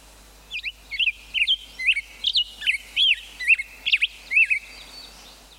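Black-headed grosbeak song, a run of many short, bright, warbled notes that rise and fall quickly, delivered in a lively, slightly uneven sequence.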